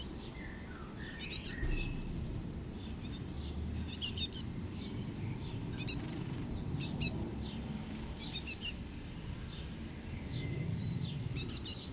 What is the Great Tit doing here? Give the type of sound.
song